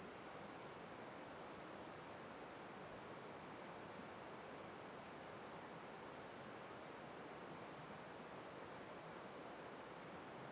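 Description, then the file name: Crickets sound a high, metallic buzzing chorus pulsing evenly about three times every two seconds, above a steady river rush. Night ambience facing the mouth of Terra Ronca 1 cave; chorus of crickets, river on the left; A-B stereo recording. "Ambiencia olhando para boca da caverna terra ronca 1 a noite, coro de cigarras e grilos, rio a esquerda, gravacao em ab"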